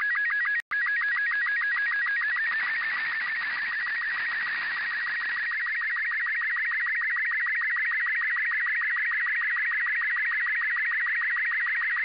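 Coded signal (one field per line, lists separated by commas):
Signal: SSTV (slow-scan television)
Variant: Robot 36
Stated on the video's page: Received via satellite IO-86 voice repeater using RTL SDR with QFH antenna, receive only.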